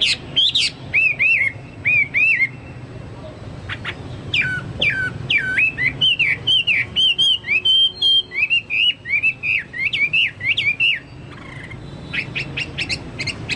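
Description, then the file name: Chinese hwamei song, a long run of loud whistled notes, repeated upslurs and rich varied phrases, almost continuous, with faint low background hum. "hwamei-2-omkicau"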